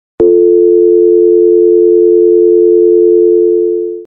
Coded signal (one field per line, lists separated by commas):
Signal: telephone call progress tone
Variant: North America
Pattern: dial tone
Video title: Phone dial tone (Sound effect)